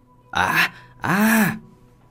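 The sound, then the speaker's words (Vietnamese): A man cries out in anguished pain after his arm is cut off by a sword: two loud, strained vocal bursts, a short one and then a longer howl whose pitch rises and falls, with no talking. “Tiếng kêu thê lương thảm thiết đột ngột vang lên.”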